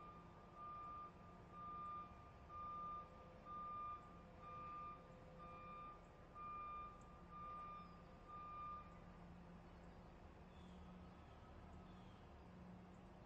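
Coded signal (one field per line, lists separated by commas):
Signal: alarm pattern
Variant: truck back-up beeper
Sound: steady repeating high beeps about once a second over engine rumble, then fading out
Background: truck engine idling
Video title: 현장음, Spot Sound, Truck Beeping, 3분 53초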